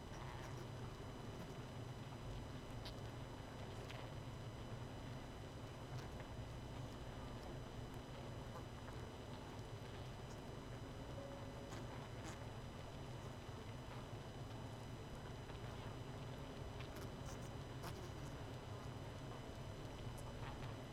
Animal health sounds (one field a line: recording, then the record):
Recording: honeybee colony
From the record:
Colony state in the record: missing queen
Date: 31 May 2018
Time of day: 20:26